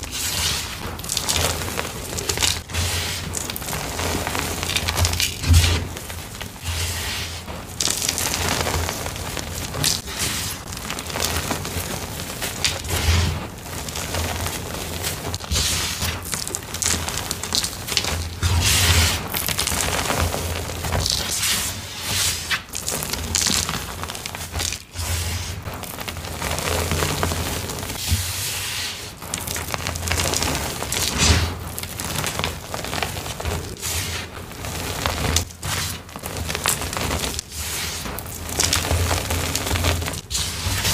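Continuous crunching and crumbling of chalk, dense and gritty, with frequent sharp crackles and a low steady hum underneath throughout.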